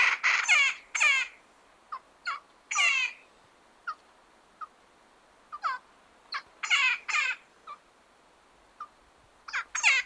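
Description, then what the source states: Woodpecker uttering a loose series of harsh, grating squawks mixed with shorter clipped notes at irregular intervals. Patagonia.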